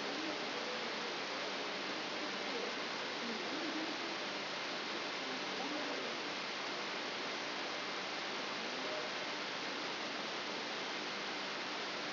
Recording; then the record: brain microelectrode recording played as sound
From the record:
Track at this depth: inside the subthalamic nucleus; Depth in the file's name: 4.302 mm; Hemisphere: left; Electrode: 3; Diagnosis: Parkinson's disease